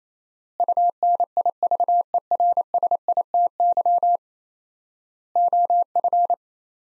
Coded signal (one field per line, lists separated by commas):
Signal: Morse code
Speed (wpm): 28 wpm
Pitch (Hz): 700 Hz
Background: none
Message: UNIVERSITY OF